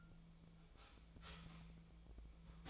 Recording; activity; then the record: daily activity, microphone in the room; start toaster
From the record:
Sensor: 1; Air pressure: 1009.2 hPa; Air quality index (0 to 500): 195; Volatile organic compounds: 19 ppm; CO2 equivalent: 2666 ppm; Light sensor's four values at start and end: 27/70/29/34 and 27/70/29/34